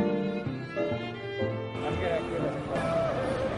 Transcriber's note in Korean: 현장음: 캘리포니아 거리